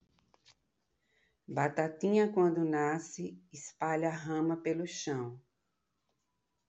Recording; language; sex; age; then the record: short text; Brazilian Portuguese; female; 50 to 59 years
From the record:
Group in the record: control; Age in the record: 59 years